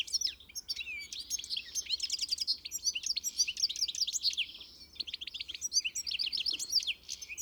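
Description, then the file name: European goldfinch chatter: nearly continuous tinkling, liquid twittering with buzzy undertones, short chirps tumbling rapidly throughout with only brief pauses. "Carduelis carduelis"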